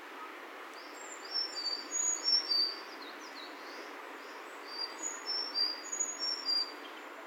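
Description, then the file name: Sakhalin leaf warbler song, high thin chirping notes delivered in quick clusters, two phrases a few seconds apart, with constant low hiss behind. Recorded in Saitama City, Japan, on 13 May 2020. "エゾムシクイ 200513 さいたま市"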